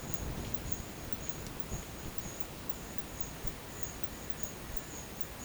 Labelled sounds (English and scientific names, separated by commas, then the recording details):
none
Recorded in dense forest near Puerto Asís, Putumayo, Colombia, on 22 December 2024 at 11:30
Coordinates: 0.484, -76.317
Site G026